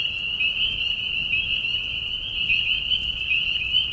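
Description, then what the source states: Spring peepers calling in a dense chorus, high whistled peeps merging into a steady shrill ringing band, with no other clear sounds. Mating call chorus in a marsh at night during a very short spring season, Tiny Marsh Conservation Area, Tiny, Ontario; high whistles at low volume.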